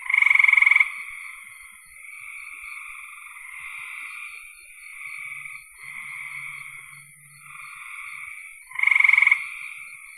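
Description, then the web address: Frog call, two loud pulsed trills about nine seconds apart, with a dense, steady frog chorus filling the gaps. "cn frogs"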